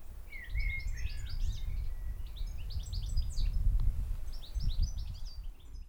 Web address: Holiday 2001 in France birds at Auquainville down the hill